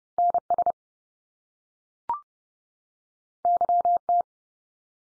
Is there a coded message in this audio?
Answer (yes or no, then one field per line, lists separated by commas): yes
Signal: Morse code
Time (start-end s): 0.2-4.2 s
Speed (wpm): 30 wpm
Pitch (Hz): 700 Hz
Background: none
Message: NS YT